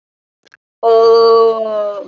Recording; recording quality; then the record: sustained vowel as in boot; excellent, no background noise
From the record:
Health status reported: COVID-19 positive, mild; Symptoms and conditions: cold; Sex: female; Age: 23 years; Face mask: not worn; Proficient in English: no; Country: India